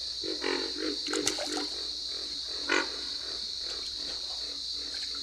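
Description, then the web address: Pig frog making a rapid series of low grunts at the start, then scattered single grunts, over a continuous high-pitched background chorus. "Solitudes Frog Song. Pig Frog"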